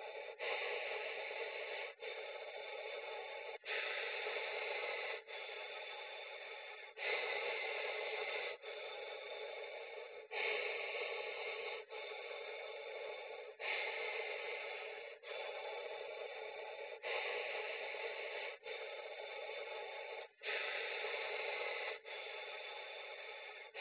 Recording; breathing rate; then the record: paced breathing near a phone; 18 breaths a minute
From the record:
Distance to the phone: 20 cm